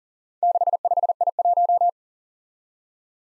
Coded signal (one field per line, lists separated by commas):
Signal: Morse code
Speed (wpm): 41 wpm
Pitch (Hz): 700 Hz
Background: none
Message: 65I1